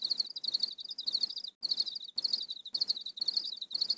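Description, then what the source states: Cricket chirping: high, rapid pulsed bursts follow one another with short pauses between them. A barrage of crickets chirping together.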